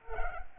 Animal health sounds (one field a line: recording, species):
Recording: mosquito wingbeat signal from an infrared sensor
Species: Culex pipiens